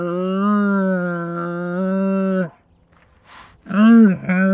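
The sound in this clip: Camel bellowing: a long, steady, droning moan lasting over two seconds, a short pause with faint rustling, then a shorter rising-and-falling bawl that continues to the end.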